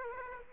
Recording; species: mosquito wingbeat signal from an infrared sensor; Aedes aegypti